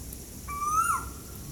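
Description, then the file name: Asian koel giving one clear whistled note that climbs steadily, then drops sharply at the end, against a faint background hiss. Recorded at Ezhimala, Kannur, Kerala. "Asian Koel Eudynamys scolopaceus from Ezhimala Kannur Kerala"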